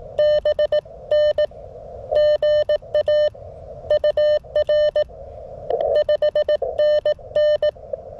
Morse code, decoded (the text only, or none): BN GA UR 5NN